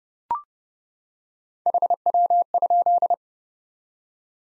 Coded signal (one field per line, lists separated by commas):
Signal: Morse code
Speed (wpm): 30 wpm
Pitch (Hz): 700 Hz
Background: none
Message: HW?